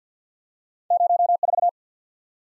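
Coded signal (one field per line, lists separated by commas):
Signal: Morse code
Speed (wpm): 50 wpm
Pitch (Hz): 700 Hz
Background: none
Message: 0 4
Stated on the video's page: Morse practice of random two-character letter and number groups at 50 wpm, head-copy drill.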